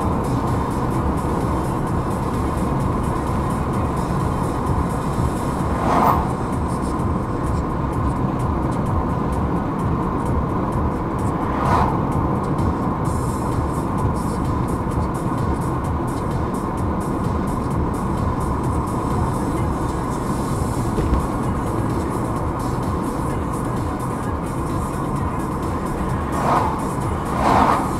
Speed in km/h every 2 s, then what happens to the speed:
77, 75, 74, 73, 73, 72, 72, 71, 70, 71, 68, 68, 64, 65.
0-19 steady at about 72. 19-28 slows to 65.